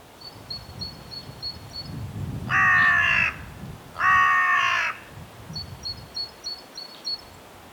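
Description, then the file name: Carrion crow giving two hoarse caws back to back in the middle, while a small bird ticks rapid high notes before and after. "Corvus corone"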